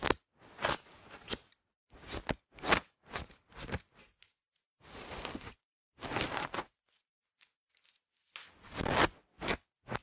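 An ear haircut: crisp scissor snips come in short bursts, some single and some in quick runs of two or three, with brief silent gaps between. A longer rustling brush of sound appears around the middle, and the snipping stays bright and irregular throughout.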